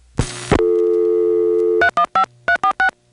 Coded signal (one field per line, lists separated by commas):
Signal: DTMF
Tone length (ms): 80 ms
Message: 315346